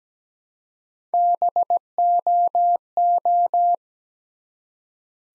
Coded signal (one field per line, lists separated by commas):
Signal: Morse code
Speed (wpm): 17 wpm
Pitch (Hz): 700 Hz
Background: none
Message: BOO